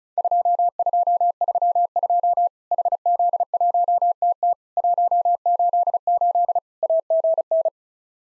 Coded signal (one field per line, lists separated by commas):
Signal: Morse code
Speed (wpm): 35 wpm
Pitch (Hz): 700 Hz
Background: none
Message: 2232 HZ1TT 188 AGN